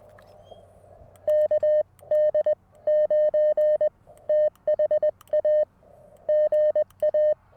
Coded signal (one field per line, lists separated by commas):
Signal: Morse code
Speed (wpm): 20 wpm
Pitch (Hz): 610 Hz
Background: none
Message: KD9THA GA